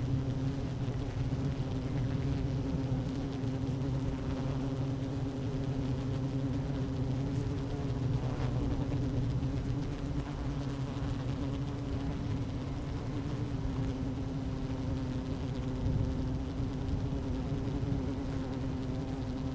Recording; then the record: honeybee colony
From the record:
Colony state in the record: active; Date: 12 June 2018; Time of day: 12:06